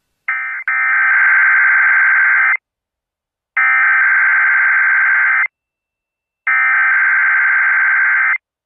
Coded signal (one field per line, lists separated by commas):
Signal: Emergency Alert System (SAME) tones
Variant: header bursts